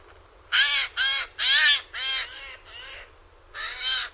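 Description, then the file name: Eurasian jay with six raspy screeching calls in quick succession, the later ones softer, ending after a short pause with one more harsh note. "Garrulus glandarius"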